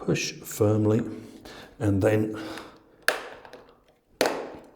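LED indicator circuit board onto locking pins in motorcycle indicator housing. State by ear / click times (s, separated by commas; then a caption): seated / 3.1 s, 4.2 s. Someone talks while a front LED indicator circuit board, from a Weisertechnik Legacy 1 LED dual and triple function indicator for a BMW R1200GS/A, is put in at an angle onto the locking pins, wiggled, and pushed firmly into its plastic motorcycle indicator housing. Two sharp snaps ring out at 3.1 s and 4.2 s as the board seats onto the locking pins.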